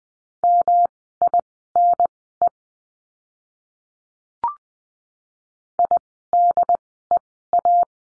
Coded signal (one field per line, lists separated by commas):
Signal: Morse code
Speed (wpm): 20 wpm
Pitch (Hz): 700 Hz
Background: none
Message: MINE IDEA